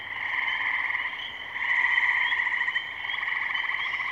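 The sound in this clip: Frog chorus, many callers overlapping in a constant pulsing, ringing drone that swells slightly midway.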